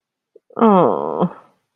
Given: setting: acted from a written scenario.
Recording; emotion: vocal sound without words; shame